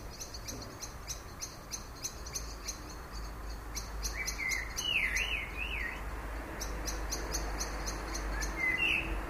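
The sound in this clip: Common blackbird call, a short zigzagging warbled phrase around the middle and a brief rising note near the end, over a steady, rapid high pulsing.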